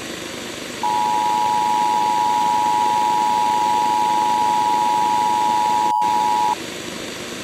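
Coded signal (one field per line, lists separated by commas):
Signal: Emergency Alert System (SAME) tones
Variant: 853 and 960 Hz attention tone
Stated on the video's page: Winter storm warning alert for southwest and west central Michigan, heavy snow and blowing snow.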